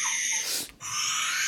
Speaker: Yeah, barn owls are notorious for just sounding god-awful.